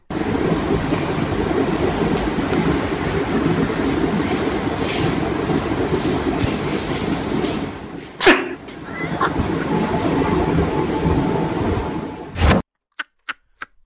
The majestic sound of an incredible owl sneezing.